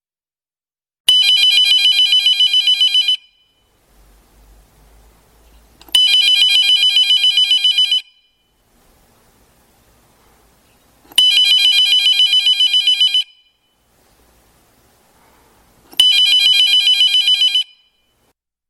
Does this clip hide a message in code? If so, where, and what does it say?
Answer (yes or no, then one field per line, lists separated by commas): no